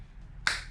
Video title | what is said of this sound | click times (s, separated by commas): Lets build! The Struggle Bus! | there you go as you can see they're going to lock into place and make kind of like a little sandwich | 0.5 s